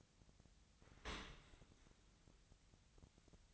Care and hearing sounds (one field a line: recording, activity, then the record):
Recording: daily activity, microphone in the room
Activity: open dishwasher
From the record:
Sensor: 3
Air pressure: 1003.1 hPa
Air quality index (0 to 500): 197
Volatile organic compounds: 6 ppm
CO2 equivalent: 1926 ppm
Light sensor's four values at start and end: 35/86/37/40 and 35/86/37/40